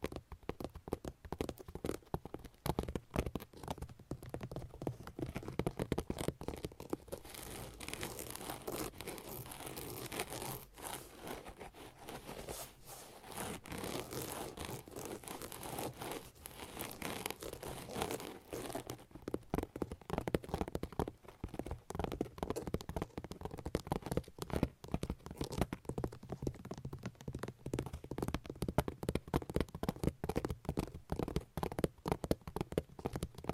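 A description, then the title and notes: Long nails scratch and tap in dense, quick bursts throughout, with a softer, smoother stretch around the middle before the busy scratching returns. ASMR Sleep Triggers - Brain Melting Scratching , Tapping , Massage Long Nails No Talking.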